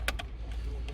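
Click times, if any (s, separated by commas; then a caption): 0.1 s. A second wiring harness plug is pushed into the camping control panel unit of a VW California camper, and it snaps in with a sharp click at 0.1 s. Fainter ticks follow at 0.2 s, 0.5 s and 0.9 s over a low background hum. The connector is seated.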